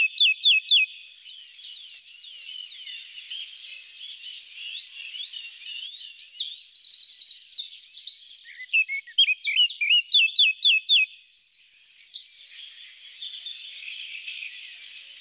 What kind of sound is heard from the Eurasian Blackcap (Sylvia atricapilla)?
song